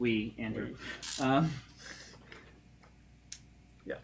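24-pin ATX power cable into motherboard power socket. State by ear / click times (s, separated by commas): seated / 3.3 s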